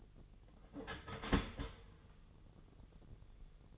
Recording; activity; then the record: daily activity, microphone in the room; start toaster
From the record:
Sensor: 4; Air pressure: 1001.1 hPa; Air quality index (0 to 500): 164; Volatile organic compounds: 2 ppm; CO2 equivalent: 1192 ppm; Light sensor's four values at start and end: 19/45/19/19 and 19/45/18/19